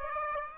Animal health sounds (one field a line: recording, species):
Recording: mosquito wingbeat signal from an infrared sensor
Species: Aedes aegypti